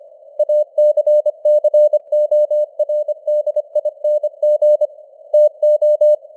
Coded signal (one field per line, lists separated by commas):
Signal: Morse code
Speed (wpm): 25 wpm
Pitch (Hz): 600 Hz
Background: none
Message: ACCORDING TO